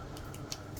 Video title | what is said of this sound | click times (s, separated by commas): #budget এর মধ্যে hair clipper machine | just বসাবেন, ম্যাগনেটটা বসে যাবে, একটু প্রেস করে লাগাতে হবে, এই তো কট করে শব্দ হলো, মানে লক হলো, | 0.5 s